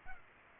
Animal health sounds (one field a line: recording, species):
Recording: mosquito wingbeat signal from an infrared sensor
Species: Culex pipiens